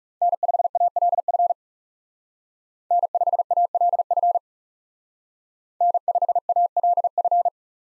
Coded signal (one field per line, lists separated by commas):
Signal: Morse code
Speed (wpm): 36 wpm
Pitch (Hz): 700 Hz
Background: none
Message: N5ALF N5ALF N5ALF